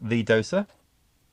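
Someone talks briefly while a coffee tamp is being handled into the espresso doser of an OutIn Fino. Nothing has seated or clicked yet; the clip ends before the tamp is pushed home. Only quiet near-silence follows the speech.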